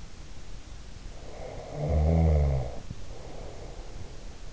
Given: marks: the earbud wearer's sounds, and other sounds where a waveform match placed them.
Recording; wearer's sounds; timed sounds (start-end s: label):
sounds in sleep by an in-ear microphone; snoring breath
1.17-4.37 s: snoring breath